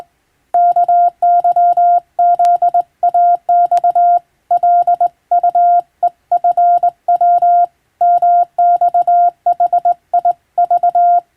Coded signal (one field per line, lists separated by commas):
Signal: Morse code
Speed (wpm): 20 wpm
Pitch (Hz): 700 Hz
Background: none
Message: KYZAX LUEFW MXHIV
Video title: 【無線通信士】懐かしいモールス通信、昭和はラジオでよく聞こえました。船と陸との唯一の通信手段、大変重要な無線通信でした。アマチュア無線の受信トレーニングにどうぞ morse code practice